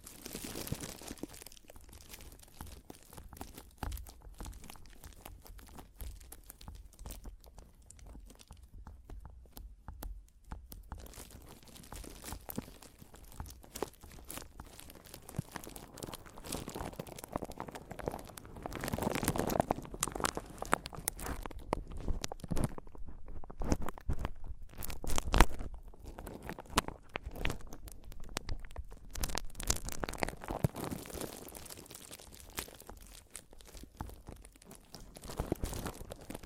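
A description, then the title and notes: Mic tapping and scratching: dense, irregular crackles and rubbing bursts throughout, with louder clustered scrapes around twenty to twenty-eight seconds and occasional sharp taps. ASMR Mic Tapping and Scratching (No Talking).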